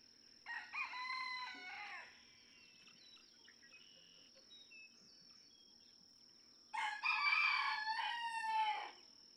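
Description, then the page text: Red junglefowl (chicken): two separate harsh rooster crows several seconds apart, with a few faint sounds in between. Several roosters in a barnyard just outside Mammoth Cave National Park, Kentucky, June 2, 2010; each rooster crows differently, individual crow variation. "Birdsong for the Curious Naturalist. Red junglefowl (chicken) No two roosters crow alike in this Kentucky barnyard. June 2, 2010. Just outside Mammoth Cave National Park, Kentucky"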